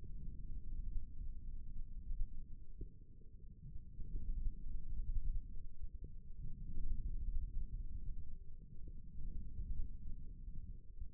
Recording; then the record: forearm muscle sounds (acoustic myography)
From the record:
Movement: forearm supination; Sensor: system 1, eight BSWA MPA416 microphones around the upper forearm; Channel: 1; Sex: male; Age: 28 years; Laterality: right